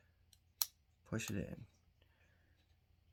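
A slide stop lever on a Remington 1911 R1 pistol is lined up with the notch and pushed through the frame, and it snaps all the way in with a sharp click at 0.6 s, seating it. A faint tick comes just before at 0.3 s, and someone talks afterward.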